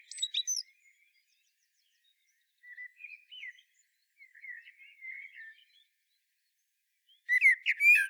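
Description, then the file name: Common blackbird song, a short burst of high squeaky notes, then soft, quiet warbling phrases, ending with a louder burst of fluted notes and sharp twitters. "Turdus merula"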